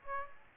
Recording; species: mosquito wingbeat signal from an infrared sensor; Aedes aegypti